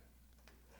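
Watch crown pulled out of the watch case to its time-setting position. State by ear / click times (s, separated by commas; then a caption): released / 0.5 s. The metal crown of a Casio MDV-106 (Duro or Marlin) diver-style watch is pulled all the way out of the case to its second detent, the time-setting position, once the second hand reaches 12. A single short, sharp click is heard at 0.5 s over a low steady hum. The crown clicks out into the second position.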